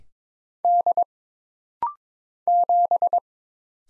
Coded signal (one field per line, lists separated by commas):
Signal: Morse code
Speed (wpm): 22 wpm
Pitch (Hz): 700 Hz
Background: none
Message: D 7